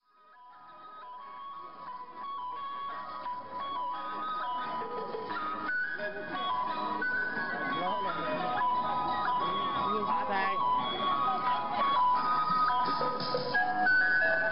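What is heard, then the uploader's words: Recorded traditional Naxi dance music plays thin and tinny over loudspeakers, swelling from silence, with steady high melody lines amid crowd chatter and murmur. China - traditional Naxi dance and song performance. Women in traditional Nakhi (Naxi) dress, dancing while accompanied by recorded traditional music dance in Lijiang, China.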